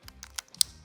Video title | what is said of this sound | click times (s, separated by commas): MILWAUKEE® Drills – 5 things you didn't know | That is a complete myth and all you are listening for is a few audible clicks in the tightening direction to formally locate that drill bit in the chuck. | 0.1 s, 0.2 s, 0.4 s, 0.5 s, 0.6 s